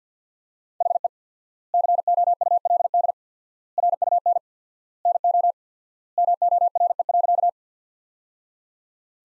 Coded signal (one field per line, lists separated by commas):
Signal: Morse code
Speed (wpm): 50 wpm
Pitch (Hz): 700 Hz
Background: none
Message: HE COULD RUN NO MORE.